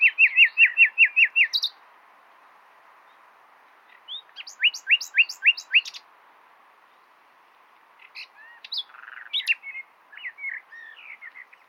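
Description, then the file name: Common nightingale song: a quick run of about eight sharp repeated notes, silence, a second rapid series, then scattered chirps and twitters. "Luscinia megarhynchos"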